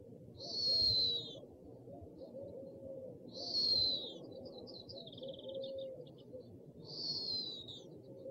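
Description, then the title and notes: Owl calls: three high, thin falling whistles, each under a second long, spaced about three seconds apart. Compilation of 69 call variants from 11 owl species. "Sovy - Eulen - Owls. 69 variant hlasů - 11 druhů sov"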